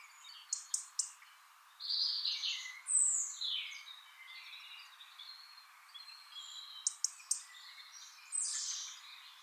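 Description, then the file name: European robin, quieter, giving sparse high notes: clicks, a few sweeping whistled phrases and soft warbles separated by short gaps, over a faint hiss. "Erithacus rubecula"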